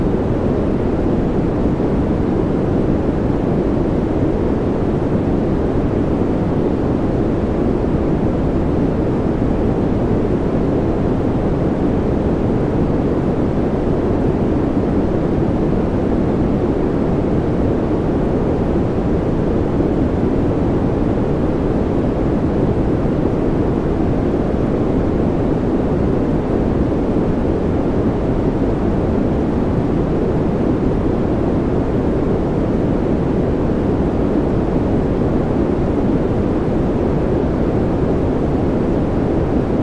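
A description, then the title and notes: White noise plays as a constant, dense hiss that never changes over the full forty seconds. The sound sits low and rumbly, heavy in the deep and middle range with little brightness on top, like an engine drone or steady wind. 3 Hour White Noise For Sleep.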